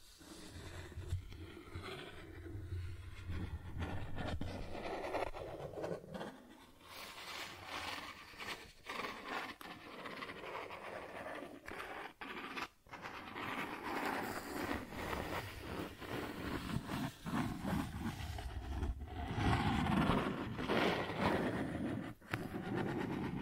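Cardboard is scratched and torn in a dense, continuous stretch of rough rasping, broken by many sharp crackles and short rips. The scraping rises and falls without a steady rhythm, with a low rumbling undertone, and grows loudest around twenty seconds in.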